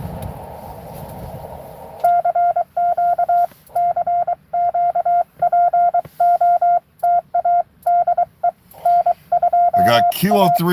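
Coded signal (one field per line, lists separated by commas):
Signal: Morse code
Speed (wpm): 22 wpm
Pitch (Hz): 700 Hz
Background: speech, radio noise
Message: CQ CQ POTA DE N2A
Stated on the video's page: Live CW parks-on-the-air activation.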